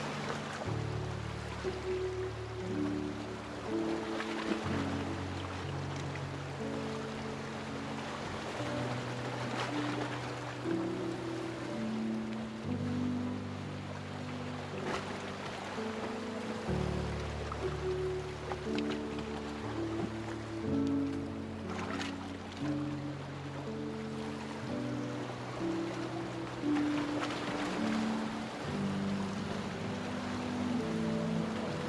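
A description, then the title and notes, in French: Sea waves wash steadily under music, a constant rushing hiss that fills the clip. Held low notes change every few seconds beneath slow, gentle melodic tones, and the mix stays even throughout, with occasional surges of surf around 5, 15, 22 and 27 seconds. Son binaural de vagues de mer accompagné de musique.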